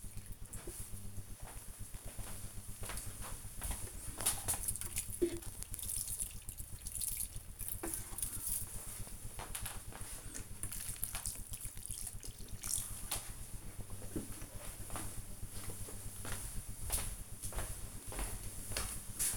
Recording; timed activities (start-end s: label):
household activities, microphone on the right wrist
0.00-19.37 s: watering plant